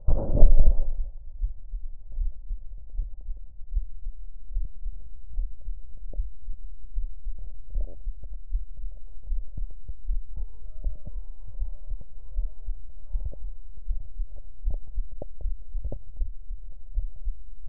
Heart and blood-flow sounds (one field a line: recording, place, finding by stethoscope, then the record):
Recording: heart sounds by stethoscope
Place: mitral valve (MV)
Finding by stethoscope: normal heart sounds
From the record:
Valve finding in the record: mitral regurgitation, grade 0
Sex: male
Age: 51 years